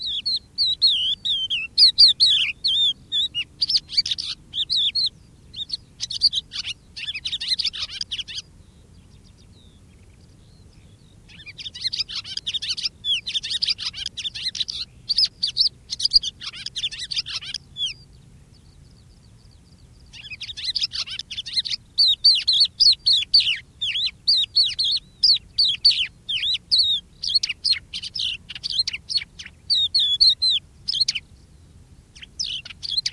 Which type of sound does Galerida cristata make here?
song